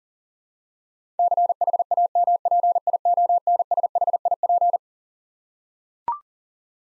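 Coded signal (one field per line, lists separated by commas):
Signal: Morse code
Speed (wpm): 37 wpm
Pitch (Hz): 700 Hz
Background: none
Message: CHAMPIONSHIP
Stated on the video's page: Head-copy drill of twelve-letter words sent at 40wpm, each word sent twice.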